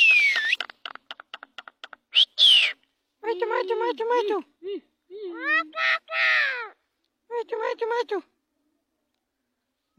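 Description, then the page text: Common myna talking: a rapid run of clicks, a shrill whistle, then several wavy, speech-like harmonic phrases separated by short gaps. Indian myna described as a talking bird that speaks to people. "#طائر_المينا #طائر_المينا_المتكلم #طائر_المينا_الهندي_يكلم_البشر_عجيب #طائر_الميناء_الهندي"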